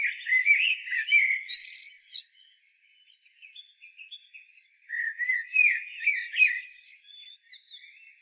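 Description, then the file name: Common blackbird song, two flowing phrases of mellow whistles mixed with high thin twittering, separated by a short quiet stretch. "Turdus merula"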